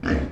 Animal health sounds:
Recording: pig call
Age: growing-finishing pig (85 days or more)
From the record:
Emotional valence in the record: negative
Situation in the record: barren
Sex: female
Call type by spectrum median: low-frequency call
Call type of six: low-frequency stable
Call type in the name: low-frequency stable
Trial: 1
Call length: 0.32 s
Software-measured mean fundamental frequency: 47 Hz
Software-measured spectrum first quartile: 172 Hz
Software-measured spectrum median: 353 Hz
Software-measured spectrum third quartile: 1064 Hz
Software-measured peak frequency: 260 Hz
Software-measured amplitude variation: 132 dB a second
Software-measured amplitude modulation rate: 26.7 a second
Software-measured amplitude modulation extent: 5.0 dB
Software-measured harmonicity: -0.2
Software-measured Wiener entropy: -1.63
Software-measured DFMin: 866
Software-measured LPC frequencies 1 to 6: 350, 1709, 4378, 5418, 6479, 7452 Hz

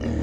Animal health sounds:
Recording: pig call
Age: growing-finishing pig (85 days or more)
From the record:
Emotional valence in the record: negative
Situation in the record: barren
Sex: female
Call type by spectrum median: low-frequency call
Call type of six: low-frequency stable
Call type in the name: low-frequency stable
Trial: 1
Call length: 0.23 s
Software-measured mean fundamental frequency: 39 Hz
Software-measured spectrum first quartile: 101 Hz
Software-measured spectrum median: 221 Hz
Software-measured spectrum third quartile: 415 Hz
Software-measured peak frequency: 83 Hz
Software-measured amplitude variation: 162 dB a second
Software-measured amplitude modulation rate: 28.0 a second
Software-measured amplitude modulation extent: 5.8 dB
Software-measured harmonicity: -4.1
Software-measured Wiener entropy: -0.67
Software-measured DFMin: 873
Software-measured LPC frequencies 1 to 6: 1843, 2868, 3913, 4937, 5913, 6665 Hz

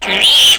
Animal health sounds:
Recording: pig call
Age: piglet (1 to 25 days)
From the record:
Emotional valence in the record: negative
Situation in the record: crushing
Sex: female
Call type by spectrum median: high-frequency call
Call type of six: mixed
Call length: 0.59 s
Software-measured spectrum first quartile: 2868 Hz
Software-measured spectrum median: 3249 Hz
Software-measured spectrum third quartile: 4244 Hz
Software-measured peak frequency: 3053 Hz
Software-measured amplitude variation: 87 dB a second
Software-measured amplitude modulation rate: 22.7 a second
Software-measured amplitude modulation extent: 3.8 dB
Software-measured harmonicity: 5.5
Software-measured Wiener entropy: -2.20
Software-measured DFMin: 840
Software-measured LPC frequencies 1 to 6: 721, 2410, 3080, 6070, 7053, 8389 Hz

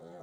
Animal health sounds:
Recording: pig call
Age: piglet (1 to 25 days)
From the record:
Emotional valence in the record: negative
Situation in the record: long isolation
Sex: male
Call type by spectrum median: low-frequency call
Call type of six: mixed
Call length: 0.23 s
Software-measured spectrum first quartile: 358 Hz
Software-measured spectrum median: 538 Hz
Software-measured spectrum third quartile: 872 Hz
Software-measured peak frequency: 515 Hz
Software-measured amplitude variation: 50 dB a second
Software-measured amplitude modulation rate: 19.2 a second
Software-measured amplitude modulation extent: 2.6 dB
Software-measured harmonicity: 1.1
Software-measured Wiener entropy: -0.03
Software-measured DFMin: 1098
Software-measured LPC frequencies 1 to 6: 554, 1231, 3848, 5175, 6464, 7449 Hz

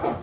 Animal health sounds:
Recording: pig call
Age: growing-finishing pig (85 days or more)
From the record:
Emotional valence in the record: positive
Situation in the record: run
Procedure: transit

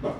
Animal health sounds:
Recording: pig call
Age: growing-finishing pig (85 days or more)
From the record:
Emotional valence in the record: positive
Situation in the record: run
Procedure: transit

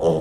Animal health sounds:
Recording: pig call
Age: piglet (1 to 25 days)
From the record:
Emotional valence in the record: negative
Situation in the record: crushing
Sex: female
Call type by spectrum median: low-frequency call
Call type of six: low-frequency stable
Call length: 0.21 s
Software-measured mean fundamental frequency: 57 Hz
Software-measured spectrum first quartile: 306 Hz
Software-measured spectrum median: 461 Hz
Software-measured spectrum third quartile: 574 Hz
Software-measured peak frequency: 494 Hz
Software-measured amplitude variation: 92 dB a second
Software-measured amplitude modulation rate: 11.7 a second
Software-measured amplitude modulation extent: 7.9 dB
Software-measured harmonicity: 2.4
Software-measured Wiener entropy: -0.92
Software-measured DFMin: 1173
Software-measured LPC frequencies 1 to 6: 486, 3052, 5559, 6100, 7897, 8668 Hz

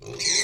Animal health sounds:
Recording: pig call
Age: weaner (32 to 43 days)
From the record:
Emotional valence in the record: negative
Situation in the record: long isolation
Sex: female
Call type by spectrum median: high-frequency call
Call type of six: mixed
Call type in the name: high-frequency modulated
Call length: 0.43 s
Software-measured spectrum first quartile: 3324 Hz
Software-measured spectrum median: 4577 Hz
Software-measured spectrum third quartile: 6117 Hz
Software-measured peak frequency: 4185 Hz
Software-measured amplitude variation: 137 dB a second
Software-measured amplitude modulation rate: 27.8 a second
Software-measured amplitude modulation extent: 4.9 dB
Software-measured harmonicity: 4.5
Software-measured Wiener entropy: -2.61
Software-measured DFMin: 1265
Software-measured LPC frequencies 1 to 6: 464, 2011, 2281, 4168, 5982, 8086 Hz

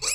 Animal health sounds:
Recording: pig call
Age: weaner (32 to 43 days)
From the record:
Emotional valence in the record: negative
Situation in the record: novel object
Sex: female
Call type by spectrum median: high-frequency call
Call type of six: high-frequency stable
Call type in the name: high-frequency stable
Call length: 0.14 s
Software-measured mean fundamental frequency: 500 Hz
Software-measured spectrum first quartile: 3939 Hz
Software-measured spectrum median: 6045 Hz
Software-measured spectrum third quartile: 8058 Hz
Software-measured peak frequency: 7799 Hz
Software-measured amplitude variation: 141 dB a second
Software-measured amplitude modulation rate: 13.9 a second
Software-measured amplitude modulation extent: 10.1 dB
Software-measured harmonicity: 3.6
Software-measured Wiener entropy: -2.15

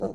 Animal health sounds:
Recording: pig call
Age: piglet (1 to 25 days)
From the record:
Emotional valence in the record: negative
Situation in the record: long isolation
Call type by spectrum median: low-frequency call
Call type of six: low-frequency stable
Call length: 0.15 s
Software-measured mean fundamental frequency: 52 Hz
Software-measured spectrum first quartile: 245 Hz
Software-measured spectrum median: 432 Hz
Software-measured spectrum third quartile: 557 Hz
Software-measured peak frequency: 486 Hz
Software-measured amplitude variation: 160 dB a second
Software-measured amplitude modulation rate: 10.2 a second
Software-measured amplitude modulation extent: 15.7 dB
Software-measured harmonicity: 1.4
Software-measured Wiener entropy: -0.31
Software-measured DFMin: 794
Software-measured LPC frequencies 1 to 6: 504, 1299, 2717, 4174, 5890, 6369 Hz

